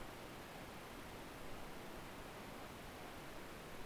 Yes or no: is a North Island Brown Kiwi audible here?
no